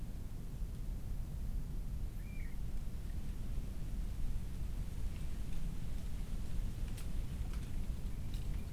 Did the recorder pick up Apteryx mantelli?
no